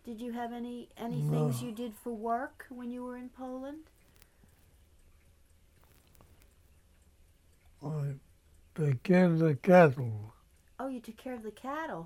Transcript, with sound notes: Did you have any things you did for work?
No.
When you were in Poland?
[pause] I took care of the cattle.
Oh, you took care of the cattle.